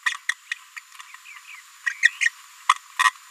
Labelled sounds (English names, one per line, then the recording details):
Green-rumped Parrotlet babbling
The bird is a female
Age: 27 days
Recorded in a nest box in Venezuela
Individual 17B73B2